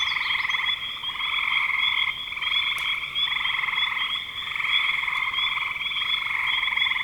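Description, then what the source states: Frogs calling in a dense chorus, overlapping pulsed trills that run in long bursts with brief dips, plus a steady high-pitched buzzing tone throughout. Spring 2025.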